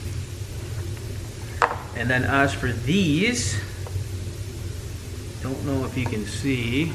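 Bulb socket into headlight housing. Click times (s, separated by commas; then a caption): 1.6 s. A twist-lock bulb socket on a 2005-2007 Jeep Grand Cherokee is lined up by its tabs, inserted into the headlight housing and twisted until it locks. A sharp, short click at 1.6 s marks the socket seating in place, over a low steady rumble. Someone talks afterward.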